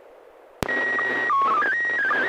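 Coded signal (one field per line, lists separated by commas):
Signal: SSTV (slow-scan television)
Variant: PD 120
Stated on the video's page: SSTV net on a 441.300 MHz FM repeater, sent with MMSSTV software.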